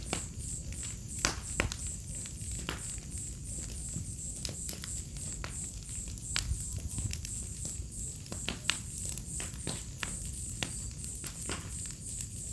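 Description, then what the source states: Cricket chorus giving a high, rapidly pulsed trill that runs throughout, with frequent sharp fire crackles scattered over it. A chorus of crickets on an autumn night beside a crackling bonfire, in a village within the Mata Atlântica rainforest.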